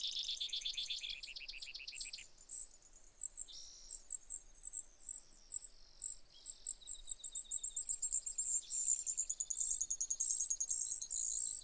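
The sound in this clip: Brewer's sparrow singing a long, varied run of high trills and buzzes, changing speed and pitch every second or two.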